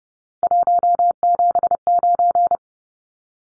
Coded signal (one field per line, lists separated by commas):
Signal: Morse code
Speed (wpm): 30 wpm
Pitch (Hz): 700 Hz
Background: none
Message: 179